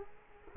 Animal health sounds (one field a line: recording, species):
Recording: mosquito wingbeat signal from an infrared sensor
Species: Culex quinquefasciatus